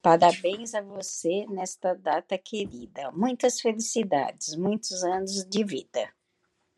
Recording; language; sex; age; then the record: short text; Brazilian Portuguese; female; 60 to 69 years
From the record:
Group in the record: control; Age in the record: 65 years